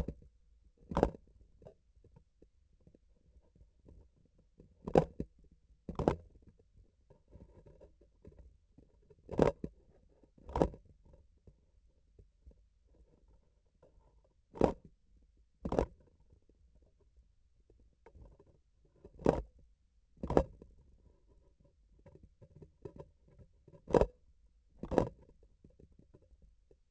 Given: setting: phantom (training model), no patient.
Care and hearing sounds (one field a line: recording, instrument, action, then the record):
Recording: laparoscopic instrument, vibration sensor on the handle end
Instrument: grasping forceps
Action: opening and closing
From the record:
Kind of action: tool actuation without material contact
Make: other than Olympus